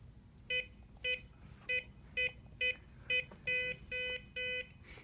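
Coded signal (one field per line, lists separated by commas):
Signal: beep code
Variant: SecuRam SafeLogic safe lock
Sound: six short electronic beeps like keypresses, then two longer beeps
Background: room ambience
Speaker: the indication of three beats and three beeps means an incorrect code so that code has been disabled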